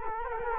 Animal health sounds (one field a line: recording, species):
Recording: mosquito wingbeat signal from an infrared sensor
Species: Culex quinquefasciatus